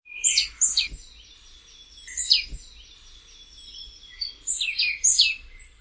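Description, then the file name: Marsh tit calls: bright high chirps and short descending notes in scattered bursts, with a thin sustained high buzzy tone underneath and a couple of soft low knocks. "Poecile palustris"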